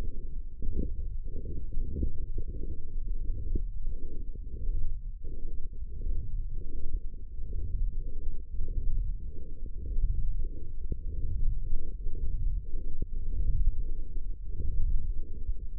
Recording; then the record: forearm muscle sounds (acoustic myography)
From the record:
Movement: forearm supination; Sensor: system 1, eight BSWA MPA416 microphones around the upper forearm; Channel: 6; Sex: male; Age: 21 years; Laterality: right